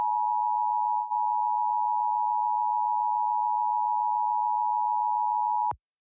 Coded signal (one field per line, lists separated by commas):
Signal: Emergency Alert System (SAME) tones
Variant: 853 and 960 Hz attention tone